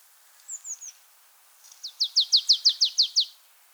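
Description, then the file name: Marsh tit: three thin, high, slurred notes, then a brief pause. A fast series of about nine louder, down-slurred chipping notes follows. "Poecile palustris"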